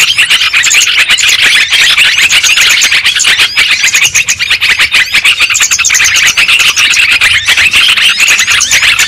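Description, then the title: Lovebird flock noise: constant shrill squeals and quick chirps layered densely, with no quiet gaps. Lure sound for trapping lovebirds. "PIKAT BURUNG LOVEBIRD"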